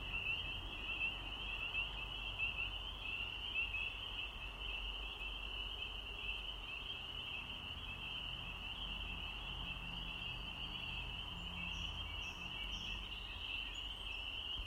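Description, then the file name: Spring peepers calling in a dense chorus, high piping peeps merging into a steady ringing band, with a low background rumble throughout. Recorded 7 April 2020. "Peepers 3 20200407"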